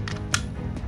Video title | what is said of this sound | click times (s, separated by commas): El Neuralizador Beyblade - Beylogger TD [Unboxing] | está, ahí encajó. No encajó del todo. | 0.3 s